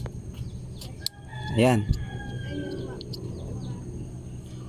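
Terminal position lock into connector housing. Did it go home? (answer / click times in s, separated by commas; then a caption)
yes / 1.1 s. A white plastic terminal lock (secondary lock) is pressed into the ignition coil connector housing of a Toyota Vios, with a sharp snap at 1.1 s. A rooster crows just afterward and someone talks. The lock is seated and the connector is now locked.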